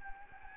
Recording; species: mosquito wingbeat signal from an infrared sensor; Anopheles gambiae